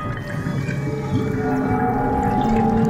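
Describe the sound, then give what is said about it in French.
Steady underwater bubbling and gurgling from a diver's air bubbles trapped under a rock vault overhead in an underwater limestone passage down to 14 metres deep, a dense churning wash with faint rising tonal whines threading through it, holding at an even, fairly loud level throughout. “Désormais, les bulles d'air restent piégées sous la voûte de roche qui s'est refermée au-dessus de ma tête.”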